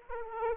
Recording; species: mosquito wingbeat signal from an infrared sensor; Aedes aegypti